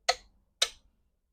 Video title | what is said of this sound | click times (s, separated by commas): blazer build part 4 , Holley intake manifold | There you go. You get a nice click at an 89. You can really hear it. | 0.6 s